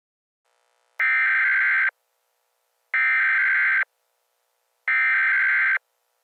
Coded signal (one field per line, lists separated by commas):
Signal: Emergency Alert System (SAME) tones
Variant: header bursts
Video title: EAS Scenario - Faces